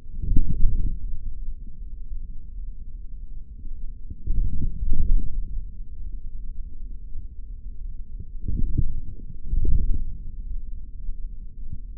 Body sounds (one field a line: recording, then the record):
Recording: forearm muscle sounds (acoustic myography)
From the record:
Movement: forearm pronation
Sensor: system 3, bracelet of six PUI Audio POM-2738L microphones around the upper forearm, with dedicated amplification and filtering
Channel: 3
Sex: male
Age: 26 years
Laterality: right